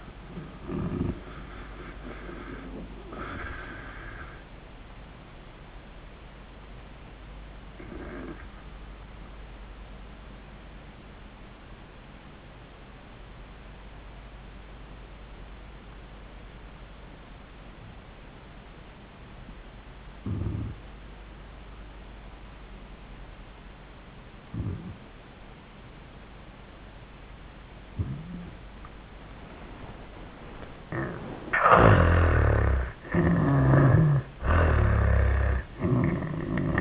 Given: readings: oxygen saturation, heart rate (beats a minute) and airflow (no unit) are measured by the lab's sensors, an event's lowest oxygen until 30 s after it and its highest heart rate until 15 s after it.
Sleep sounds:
breathing in sleep by a voice recorder at the bedside; 1
9.00-30.30 s: obstructive apnea (N2, oxygen 97% highest, then 77% lowest, heart rate 97 at the start, 97 highest)
From the record:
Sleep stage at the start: N2 (light sleep); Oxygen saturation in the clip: 80 to 97%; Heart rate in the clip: 76 to 98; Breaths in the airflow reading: 4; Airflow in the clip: -12.9 to 9.6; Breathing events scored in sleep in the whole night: 400 in 8.7 hours asleep

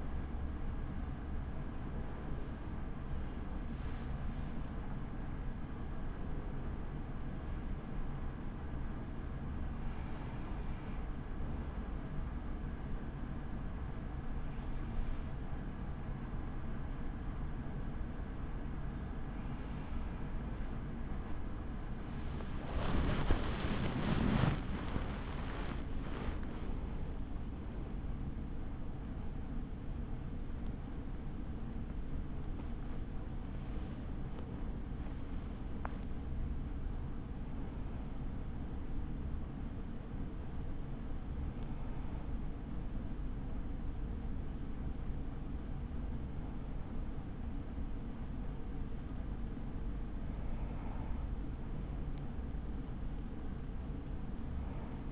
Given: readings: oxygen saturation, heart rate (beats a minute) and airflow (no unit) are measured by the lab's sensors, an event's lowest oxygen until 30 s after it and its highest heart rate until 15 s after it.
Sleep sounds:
breathing in sleep by a smartphone at the bedside; 1
8.00-26.10 s: hypopnea (N2, oxygen 96% highest, then 95% lowest, heart rate 71 at the start, 76 highest)
29.00-55.12 s: new sleep stage, awake
30.00-55.12 s: awake
From the record:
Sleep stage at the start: N2 (light sleep); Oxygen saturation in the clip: 95 to 97%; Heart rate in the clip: 48 to 76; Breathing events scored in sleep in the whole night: 83 in 6.1 hours asleep

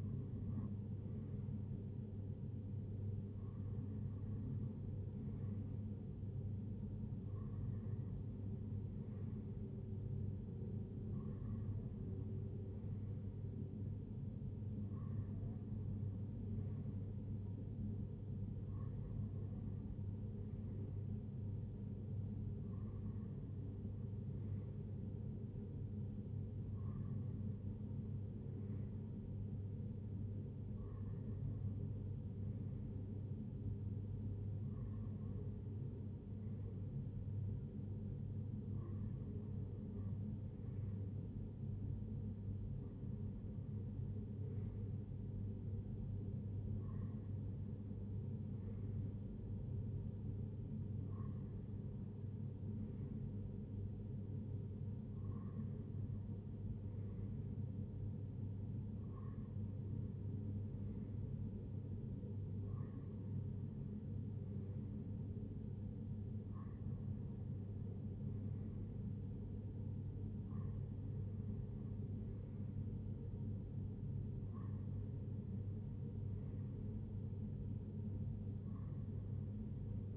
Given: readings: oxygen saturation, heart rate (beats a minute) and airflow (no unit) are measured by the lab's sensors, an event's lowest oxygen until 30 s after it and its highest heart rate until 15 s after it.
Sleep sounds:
breathing in sleep by a smartphone at the bedside; none
29.00-80.17 s: new sleep stage, N3 (deep sleep)
From the record:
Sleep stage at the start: N2 (light sleep); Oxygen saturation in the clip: 95%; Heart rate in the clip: 58 to 67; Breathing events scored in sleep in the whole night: 35 in 6.9 hours asleep

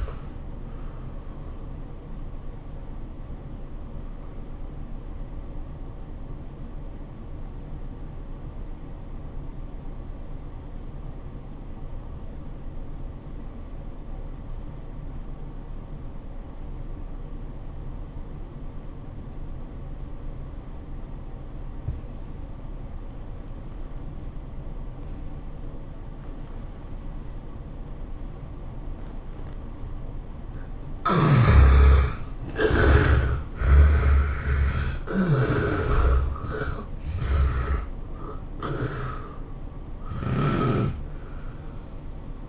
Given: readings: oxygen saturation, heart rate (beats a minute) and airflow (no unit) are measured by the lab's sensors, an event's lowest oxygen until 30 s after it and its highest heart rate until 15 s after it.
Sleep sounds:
breathing in sleep by a smartphone at the bedside; 1
7.00-31.40 s: obstructive apnea (N1, oxygen 97% highest, then 67% lowest, heart rate 96 at the start, 107 highest)
From the record:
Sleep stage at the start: N1 (lightest sleep); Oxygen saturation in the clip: 71 to 97%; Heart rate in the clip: 78 to 111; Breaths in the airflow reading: 4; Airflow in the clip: -15.9 to 14.6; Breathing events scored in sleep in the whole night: 403 in 5.5 hours asleep

